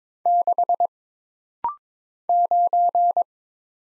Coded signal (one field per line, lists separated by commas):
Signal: Morse code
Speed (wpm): 22 wpm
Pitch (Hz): 700 Hz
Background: none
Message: 6 9